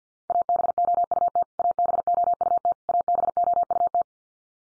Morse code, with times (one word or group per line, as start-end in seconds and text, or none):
0.3-1.4 ABOUT
1.6-2.7 ABOUT
2.9-4.0 ABOUT